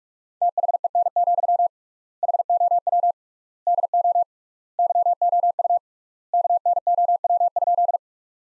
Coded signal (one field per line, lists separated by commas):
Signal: Morse code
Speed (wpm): 42 wpm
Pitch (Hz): 700 Hz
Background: none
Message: THEN, HOW DO YOU KNOW?